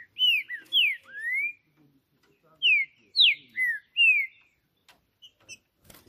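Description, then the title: Green-winged saltator song: loud clear whistled notes sliding down and up, grouped in two bursts of four or five phrases separated by a short pause, with faint background sounds. Singing on a roof during a song contest (disputa); chirping, singing and 'macheando' (male-style song); birds named Justiceiro and FBI. "TRINCA Piando, Cantando E Macheando Na DISPUTA. Trinca Ferro CANTANDO MUITO de CARA em CIMA do TELHADO! Disputa. TRINCA JUSTICEIRO & FBI"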